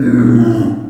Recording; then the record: squeal of a Yucatan mini pig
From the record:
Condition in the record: after surgery on the right vocal fold (resection and tissue-engineered implant); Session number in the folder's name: 4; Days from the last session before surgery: 26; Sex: female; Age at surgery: 19 weeks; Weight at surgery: 25 kg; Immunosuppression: prednisolone